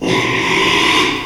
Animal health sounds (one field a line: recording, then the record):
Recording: squeal of a Yucatan mini pig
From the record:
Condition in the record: after surgery on the right vocal fold (resection and tissue-engineered implant)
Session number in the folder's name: 1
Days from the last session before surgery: 6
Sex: male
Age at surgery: 12 weeks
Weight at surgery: 13 kg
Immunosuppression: cyclosporine, prednisolone